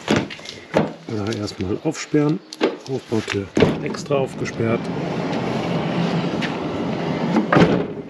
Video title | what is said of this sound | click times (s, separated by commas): Weinsberg CaraBus 550 MQ auf Ford Transit: Erfahrungsbericht als 2-Meter-Mensch - Rundgang & Review | beim Transit da muss man die Tür ordentlich aufmachen und damit sie auch einrastet | 7.5 s